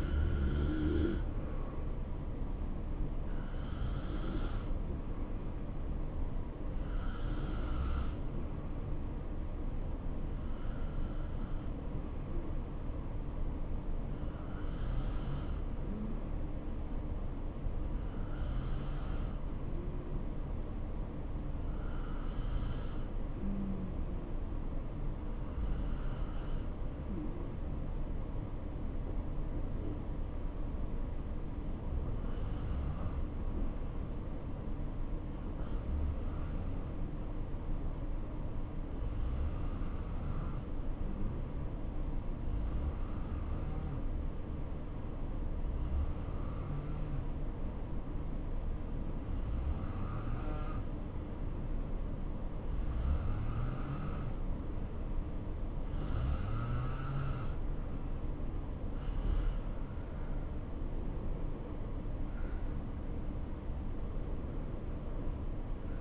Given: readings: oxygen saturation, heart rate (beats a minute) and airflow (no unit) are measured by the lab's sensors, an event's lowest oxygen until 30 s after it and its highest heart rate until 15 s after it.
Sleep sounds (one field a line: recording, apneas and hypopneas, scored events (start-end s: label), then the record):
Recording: breathing in sleep by a smartphone at the bedside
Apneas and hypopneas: 1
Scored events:
24.00-59.20 s: hypopnea (N2, oxygen 93% highest, then 90% lowest, heart rate 69 at the start, 71 highest)
54.00-66.01 s: new sleep stage, N1 (lightest sleep)
From the record:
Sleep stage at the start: N2 (light sleep)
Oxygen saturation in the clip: 84 to 93%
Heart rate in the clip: 62 to 71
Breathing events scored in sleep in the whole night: 277 in 7.4 hours asleep